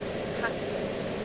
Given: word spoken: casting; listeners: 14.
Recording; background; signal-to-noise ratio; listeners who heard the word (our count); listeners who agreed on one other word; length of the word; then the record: one English word in noise, from a listening test; speech-shaped noise; -7.0 dB; 0 of 14; 6 of 14; 0.85 s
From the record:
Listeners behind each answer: 6, 3, 2, 1, 1, 1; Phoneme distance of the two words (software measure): 37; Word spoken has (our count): 2 syllables, 6 phonemes, stress on syllable 1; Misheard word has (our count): 2 syllables, 5 phonemes, stress on syllable 1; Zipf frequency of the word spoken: 3.88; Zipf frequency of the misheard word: 4.19